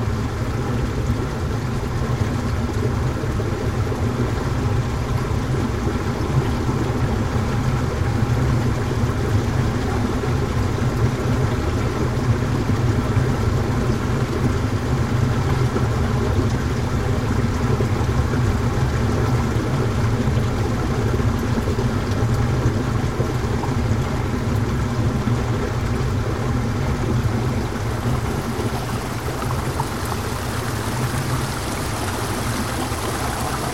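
The Merced River in Yosemite National Park rushes with a steady, dense roar that stays weighted toward deep, rumbling tones. The sound holds an even level throughout, with a faint hiss above it that shifts slightly after about 28 seconds.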